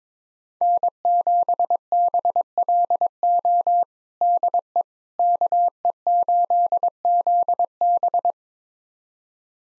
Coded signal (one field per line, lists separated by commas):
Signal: Morse code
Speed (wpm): 22 wpm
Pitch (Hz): 700 Hz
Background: none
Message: N7BLO DE KE8ZB